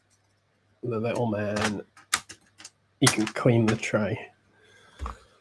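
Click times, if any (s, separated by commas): 5.1 s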